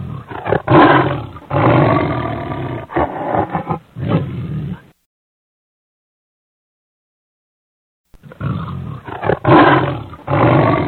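Lion giving deep, throaty roars in a five-second bout of rasping pulses, falling silent for about three seconds, then roaring again with the same gravelly surges.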